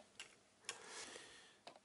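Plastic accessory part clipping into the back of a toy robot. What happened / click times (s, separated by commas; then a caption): Plastic part clipped on but not fully home / 0.7 s. A plastic accessory part is clipped onto the back of a Diaclone Reboot DA-94 Waruda Legion Vajra toy robot. Light plastic ticks sound at 0.2 s and 1.7 s, with the sharpest click at 0.7 s as the part snaps into place. The part is not pushed fully home but already holds well enough.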